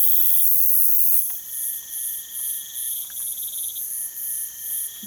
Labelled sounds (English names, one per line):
none